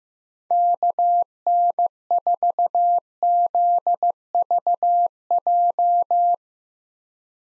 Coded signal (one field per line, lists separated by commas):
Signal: Morse code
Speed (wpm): 16 wpm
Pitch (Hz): 700 Hz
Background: none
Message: KN4ZVJ